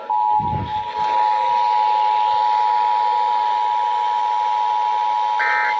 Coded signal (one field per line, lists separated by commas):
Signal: Emergency Alert System (SAME) tones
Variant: 853 and 960 Hz attention tone